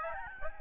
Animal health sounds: mosquito wingbeat signal from an infrared sensor; Aedes albopictus

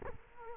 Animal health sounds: mosquito wingbeat signal from an infrared sensor; Culex quinquefasciatus

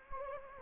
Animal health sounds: mosquito wingbeat signal from an infrared sensor; Anopheles gambiae

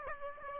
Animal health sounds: mosquito wingbeat signal from an infrared sensor; Aedes aegypti

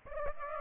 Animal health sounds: mosquito wingbeat signal from an infrared sensor; Aedes aegypti

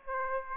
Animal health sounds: mosquito wingbeat signal from an infrared sensor; Aedes aegypti

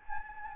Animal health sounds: mosquito wingbeat signal from an infrared sensor; Anopheles gambiae

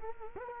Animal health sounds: mosquito wingbeat signal from an infrared sensor; Culex quinquefasciatus

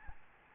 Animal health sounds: mosquito wingbeat signal from an infrared sensor; Aedes albopictus

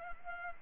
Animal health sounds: mosquito wingbeat signal from an infrared sensor; Culex pipiens

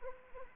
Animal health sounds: mosquito wingbeat signal from an infrared sensor; Anopheles arabiensis

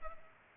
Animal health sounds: mosquito wingbeat signal from an infrared sensor; Culex pipiens

